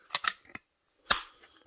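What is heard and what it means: Chain brake parts on their bushings in a Husqvarna 266xp chainsaw chain brake assembly are pushed together by hand, giving sharp knocks at 0.1 s and 0.3 s, a few fainter taps, and a louder knock around 1.1 s that rings off briefly. The parts knock together but the brake assembly is still not fully seated.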